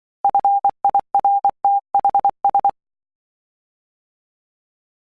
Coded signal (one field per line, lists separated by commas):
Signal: Morse code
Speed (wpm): 23 wpm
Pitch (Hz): 800 Hz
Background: none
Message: FIRTHS